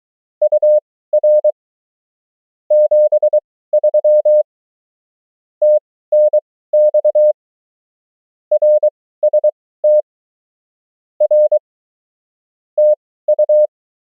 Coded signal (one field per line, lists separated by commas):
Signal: Morse code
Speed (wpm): 23 wpm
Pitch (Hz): 600 Hz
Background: none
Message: UR 73 TNX RST R TU